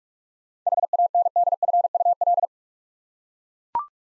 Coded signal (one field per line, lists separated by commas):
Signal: Morse code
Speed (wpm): 44 wpm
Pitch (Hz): 700 Hz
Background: none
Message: HANDFUL